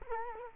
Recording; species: mosquito wingbeat signal from an infrared sensor; Culex quinquefasciatus